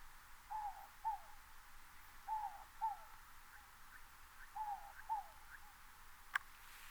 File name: Inca Dove